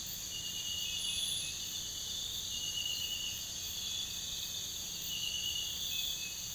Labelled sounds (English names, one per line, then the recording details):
none
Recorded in pastures near Puerto Asís, Putumayo, Colombia, on 26 December 2024 at 05:00
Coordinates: 0.472, -76.329
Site G072